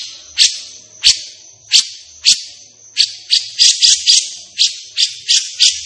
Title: Cucak Jenggot Gacor. Cucak Jenggot Emosi Untuk Masteran